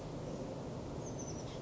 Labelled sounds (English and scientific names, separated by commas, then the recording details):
Oak Titmouse (Baeolophus inornatus)
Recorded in Sonoma County, California